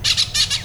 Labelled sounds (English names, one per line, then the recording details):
Brown-throated Parakeet contact call
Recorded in Venezuela
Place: Cerro Saroche, Hato Dalmatela, Edo. Lara
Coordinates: 10.149, -69.534